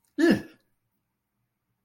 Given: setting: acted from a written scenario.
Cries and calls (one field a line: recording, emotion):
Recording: vocal sound without words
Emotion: negative surprise